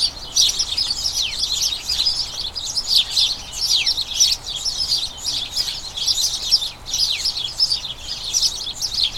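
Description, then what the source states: House sparrow colony chattering, rapid clustered chirps with occasional downslurred notes, sustained and busy throughout. A dozen house sparrows, a colony in a small front garden as crocuses bloom, chattering incessantly and excitedly as they turn toward the breeding season; recorded by Fergus Collins.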